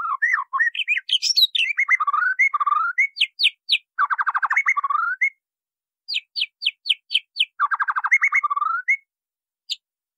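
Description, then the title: White-rumped Shama song of varied whistled slurs, with a rapid rattling trill given twice and bursts of sharp high chips between phrases. Masteran training song. "MURAI BATU LABAIK"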